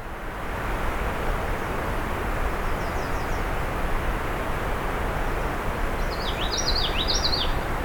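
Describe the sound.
Black-and-white Warbler song: a faint series of thin high repeated notes, then a brighter run of squeaky two-part notes near the end, over steady low rumbling background noise.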